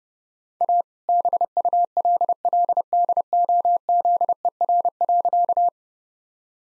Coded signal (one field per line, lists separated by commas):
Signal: Morse code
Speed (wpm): 32 wpm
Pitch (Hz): 700 Hz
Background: none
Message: A BULLDOZER.